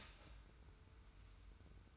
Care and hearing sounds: daily activity, microphone in the room; start toaster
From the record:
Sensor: 2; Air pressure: 990.6 hPa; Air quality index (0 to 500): 163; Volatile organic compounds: 808 ppm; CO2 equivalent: 5137 ppm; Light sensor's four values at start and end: 24/58/23/23 and 24/58/23/23

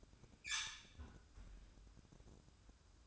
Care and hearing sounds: daily activity, microphone in the room; close fridge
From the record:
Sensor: 2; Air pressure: 1007.6 hPa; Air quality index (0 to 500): 35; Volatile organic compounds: 1 ppm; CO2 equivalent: 528 ppm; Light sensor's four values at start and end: 10/23/10/10 and 10/23/10/10

